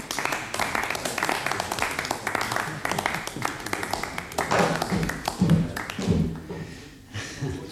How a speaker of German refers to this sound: Herr Allen, wenn ich Sie kurz hier hochbitten dürfte. Nun na, ein bisschen nach einem freundlichen Beifall für unseren irren Gast.